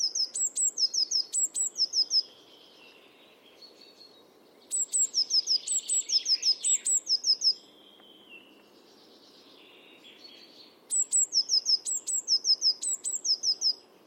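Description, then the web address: Bird repeating bursts of high, thin descending notes, each burst lasting two to three seconds with pauses between, other soft chirps and steady background noise. "Deverinetal 2025 File origin Bird Only Cy Ca"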